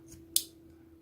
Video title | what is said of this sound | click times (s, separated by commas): GoPro Hero 6: How to Insert / Remove a Battery | that's it now you can just push the cover in and it's locked into place | 0.4 s